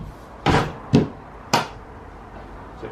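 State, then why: Seated. A wooden, single-glazed sash window in a garden studio is moved and shut into its frame. Three sharp knocks are heard at about 0.5, 1.0 and 1.5 seconds, and the window clicks into place at 1.5 seconds, seated and judged good.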